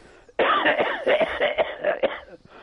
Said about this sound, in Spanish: Perdón por la tos, pero es que en Laponia hace mucho frío.